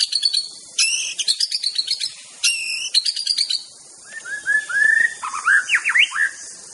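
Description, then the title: White-rumped shama song: harsh chattering bursts and buzzy notes, then a sweet series of whistled slurs sweeping up and down, with steady insect hiss behind. Wild bird, natural song recorded in forest. "Kicau Asli Murai Batu Hutan"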